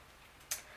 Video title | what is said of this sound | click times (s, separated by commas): Product Review - The Puff Cuff | this is what it looks like snapped into place | 0.5 s